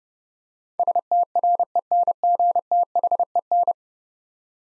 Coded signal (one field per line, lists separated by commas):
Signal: Morse code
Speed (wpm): 30 wpm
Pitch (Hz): 700 Hz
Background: none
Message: STRENGTHEN